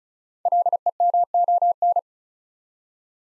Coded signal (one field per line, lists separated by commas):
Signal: Morse code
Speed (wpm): 36 wpm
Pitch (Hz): 700 Hz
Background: none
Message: LEMON